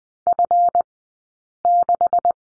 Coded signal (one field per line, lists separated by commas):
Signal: Morse code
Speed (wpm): 20 wpm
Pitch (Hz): 700 Hz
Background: none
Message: F6